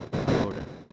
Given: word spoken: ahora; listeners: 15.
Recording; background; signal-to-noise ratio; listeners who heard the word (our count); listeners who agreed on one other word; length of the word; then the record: one Spanish word in noise, from a listening test; noise modulated by one talker; -7.5 dB; 3 of 15; 9 of 15; 0.52 s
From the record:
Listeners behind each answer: 9, 3, 1, 1, 1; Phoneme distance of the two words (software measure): 7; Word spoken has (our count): 3 syllables, 4 phonemes, stress on syllable 2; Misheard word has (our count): 2 syllables, 3 phonemes, stress on syllable 1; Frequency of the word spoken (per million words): 823.69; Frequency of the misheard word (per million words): 266.00